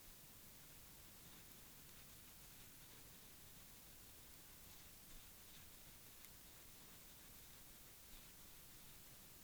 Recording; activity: daily activity, guitar pickup as the sensor; brush teeth